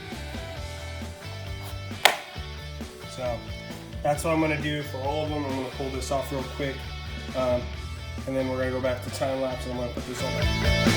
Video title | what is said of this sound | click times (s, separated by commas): Dodge Ram 1500 Front Bumper Trim Replacement | you'll see it comes pulls right through there and then if i push it back in you'll hear it snap | 2.1 s